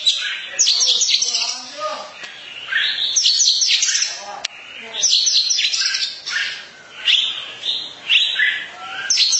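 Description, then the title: Oriental magpie-robin: songbird pouring out varied whistles, chirps and slurred notes in irregular phrases, with a few lower, rougher squeaky notes mixed in early. Long-duration song. "Kacer"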